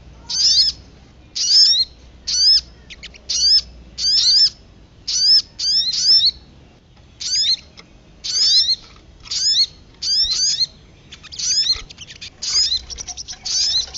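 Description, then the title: Little spiderhunter song, bursts of high, bright chirps with quick sweeping notes, about one burst a second, steady against a soft low hum. Masteran training recording for songbirds; local name sogok ontong. "Masteran Burung Sogok Ontong Labaik"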